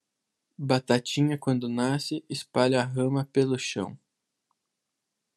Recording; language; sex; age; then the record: short text; Brazilian Portuguese; male; 20 to 29 years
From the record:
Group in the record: control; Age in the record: 21 years